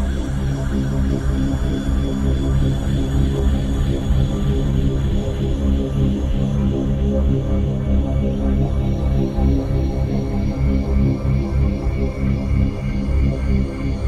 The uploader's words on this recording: It's a full-spectrum binaural, meaning everything in the right channel (not just the binaural tone) is shifted up to create the 3.2 Hz binaural beat. C#65.4Hz Full-Spectrum δ 3.2Hz.